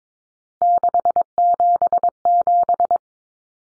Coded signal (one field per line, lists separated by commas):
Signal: Morse code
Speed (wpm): 22 wpm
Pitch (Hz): 700 Hz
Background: none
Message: 677